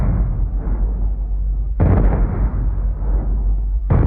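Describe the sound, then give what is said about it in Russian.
Cannon shots fired in a twenty-one-gun salute over Saint Petersburg in honor of the Persian prince Khosrow Mirza: two heavy booms about two seconds apart, each with a sharp crack that rolls into a long, deep rumble carrying through the gap between them. “Двадцать один выстрел над Петербургом в честь принца Хазрева Мирзы, царевича персидского.”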